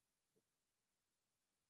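A robot autonomously docks a module into a docking interface during a space-assembly demonstration; a quiet, steady background is broken only by a brief low-frequency bump near 0.4 s. The module is being handled but has not gone home, so nothing has seated or clicked yet.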